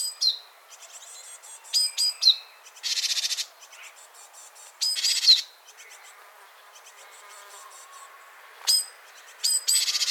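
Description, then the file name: Great tit ticking notes with short slurred endings alternating with buzzy churrs, repeated several times. "Parus major"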